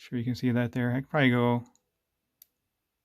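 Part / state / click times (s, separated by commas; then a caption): rotating bezel on a dive watch case / seated / 2.4 s. A man talks while rotating the steel unidirectional bezel on a Seiko Solar PADI Tuna SNE499 dive watch case. After the talk stops, a single short, sharp click is heard at 2.4 s as the bezel snaps into a detent position. It seats in place, though the bezel has play of about half a click.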